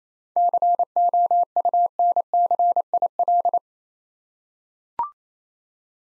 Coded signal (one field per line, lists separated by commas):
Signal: Morse code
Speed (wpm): 29 wpm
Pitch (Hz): 700 Hz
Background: none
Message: COUNCIL